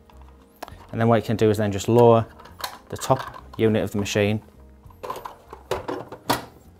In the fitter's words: top of the ball it just clicks into place then you just need to turn the plug on and the Machine will beep